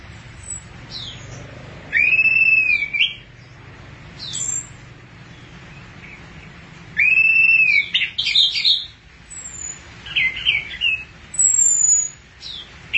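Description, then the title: Thrush singing loud, varied whistled phrases with swooping slurs and short chirps, bursts separated by a few seconds of quiet background hiss. "burung anis x"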